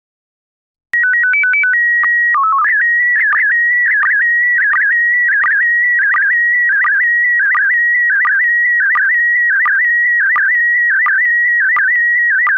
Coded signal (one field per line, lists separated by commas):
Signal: SSTV (slow-scan television)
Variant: PD 90